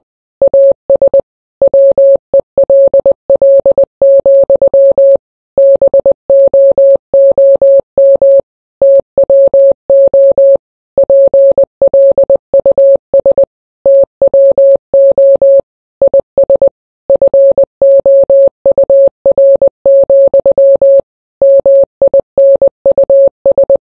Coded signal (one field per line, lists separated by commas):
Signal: Morse code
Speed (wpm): 20 wpm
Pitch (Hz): 550 Hz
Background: none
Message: AS WELL, BOOM TWO PLUS TWO IS FOUR, MINUS